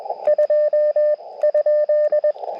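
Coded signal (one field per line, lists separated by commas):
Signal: Morse code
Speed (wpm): 20 wpm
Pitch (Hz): 1800 Hz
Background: radio noise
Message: 2?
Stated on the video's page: Portable QRP CW for a sunrise Parks on the Air activation, sent with an Elecraft KX2 and KXPD2 paddle into a 17-foot vertical with a 40-meter coil.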